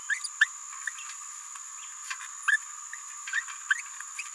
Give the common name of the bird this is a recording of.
Green-rumped Parrotlet